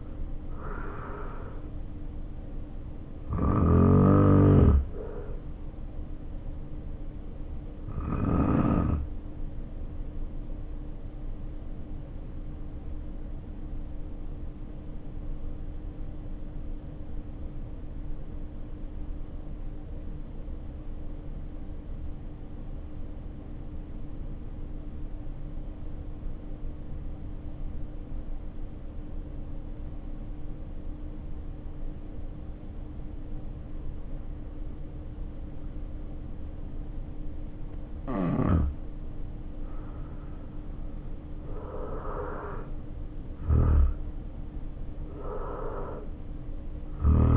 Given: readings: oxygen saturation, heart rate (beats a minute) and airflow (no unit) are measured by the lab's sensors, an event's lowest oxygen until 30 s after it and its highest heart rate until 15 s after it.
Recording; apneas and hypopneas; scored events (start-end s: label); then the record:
breathing in sleep by a smartphone at the bedside; 1
9.00-38.60 s: hypopnea (N2, oxygen 95% highest, then 74% lowest, heart rate 52 at the start, 74 highest)
36.00-47.37 s: new sleep stage, N1 (lightest sleep)
From the record:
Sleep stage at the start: N2 (light sleep); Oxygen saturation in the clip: 75 to 95%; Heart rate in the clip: 52 to 74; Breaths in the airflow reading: 7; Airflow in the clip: -4.3 to 5.9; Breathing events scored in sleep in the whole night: 520 in 7.2 hours asleep